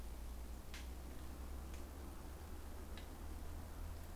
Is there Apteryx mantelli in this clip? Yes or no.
no